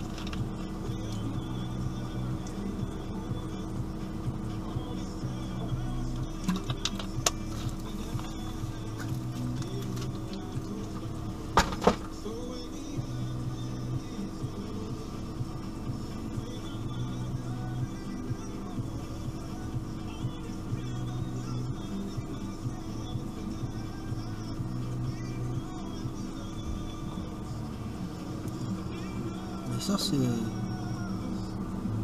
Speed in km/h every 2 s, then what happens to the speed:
0, 0, 0, 0, 0, 0, 0, 0, 0, 0, 0, 0, 0, 0, 0, 0.
0-32 standing.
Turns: none.